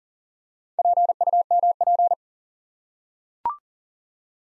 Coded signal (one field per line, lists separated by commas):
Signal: Morse code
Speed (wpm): 41 wpm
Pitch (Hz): 700 Hz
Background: none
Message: PUMP